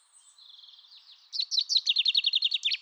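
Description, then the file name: Common chaffinch song: a soft, thin trill opens, then a loud run of rapid, repeated downslurred chirps carries on steadily to the end. "Fringilla coelebs"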